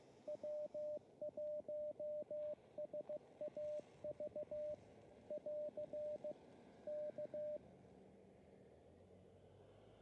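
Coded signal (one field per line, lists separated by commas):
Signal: Morse code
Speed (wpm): 16 wpm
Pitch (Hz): 600 Hz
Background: radio noise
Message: W1SAV <AR> K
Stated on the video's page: Morse heard during a desert park activation of Joshua Tree National Park, using a CHA LEFS antenna on a mast with drive-on support.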